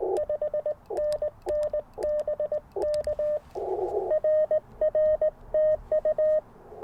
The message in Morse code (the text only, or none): 5NN BK RR TU